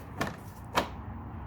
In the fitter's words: that once that's done this piece slides up locks